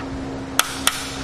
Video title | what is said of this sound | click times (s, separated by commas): etrailer - Yakima Roof Rack Review - 2016 Honda Pilot Y00146 | you're gonna hear a couple audible clicks here to let you know that it's tightened down to its capacity and you're not going to over tighten it | 0.6 s, 0.9 s